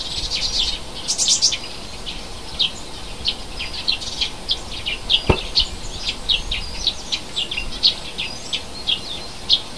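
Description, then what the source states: Bird chirping in quick, high, short notes that come in bursts and irregular runs over steady background noise, with one sharp click partway through. Native hedge bird, recorded in February.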